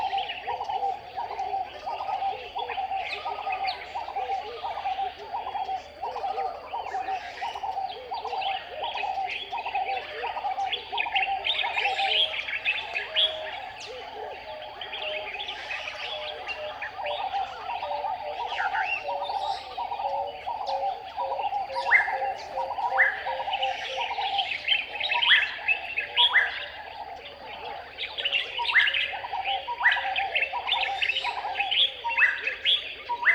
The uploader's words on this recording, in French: Chorus sur l'île de Guior - Sine Saloum - Sénégal - Nagra seven - binaural - mkh8020. Un merveilleux et surprenant chorus du matin sur l'île aux coquillages de Guior. Les tourterelles dominent (tambourinette, pleureuse, rieuse, maillée) mais les autres oiseaux sont aussi nombreux (Choucador à longue queue, Gonolek de Barbarie, Calao a bec rouge et bec noir) et surtout le Bulbul des jardins omniprésent avec ses appels déglutinés et interrogatifs.